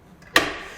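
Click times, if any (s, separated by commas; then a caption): 0.4 s. A Kuat Sherpa 2.0 hitch bike rack for 2 bikes, mounted on a 2021 Subaru Crosstrek, is rotated up into its storage position after its tab is pulled back. A faint sound comes at 0.2 s, then one sharp, bright click at 0.4 s as the tilt pivot latch locks into place, followed by a short ringing decay. The rack is locked upright in the storage position.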